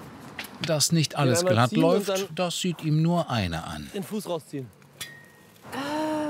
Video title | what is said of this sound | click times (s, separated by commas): Kneipengeschichten - die nordstory - NDR | So, und jetzt müssen die noch so hochgeschoben werden, bis es einrastet. | 0.4 s